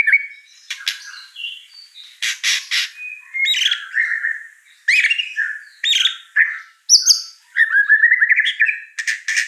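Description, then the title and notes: White-rumped shama song, a varied run of loud whistles, buzzy rattles and harsh squawks, shifting rapidly between high and lower notes with short pauses. Lure song (pancingan) of an actively singing (gacor) white-rumped shama (Murai Batu), with a rich repertoire of fill phrases (isian mewah). "Pancingan Gacor Murai Batu Bongkar Isian Mewah. Audio Murai Batu Dongfeng"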